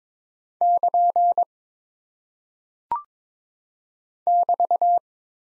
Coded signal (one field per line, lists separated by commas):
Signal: Morse code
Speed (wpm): 22 wpm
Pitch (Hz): 700 Hz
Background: none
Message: <KN> <BT>